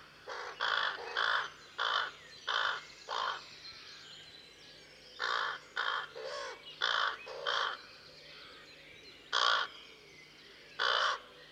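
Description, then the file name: Common raven croaking: harsh calls, singly or in loose groups of two or three, separated by short pauses. "Common Raven (Corvus corax)"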